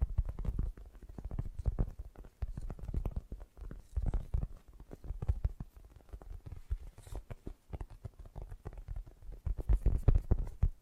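Fast, gentle tapping runs through the whole clip as a dense patter of soft, dull strikes, mostly low and muffled with little brightness. The rhythm comes in quick bursts with short pauses between them, and the taps swell a little louder near the end.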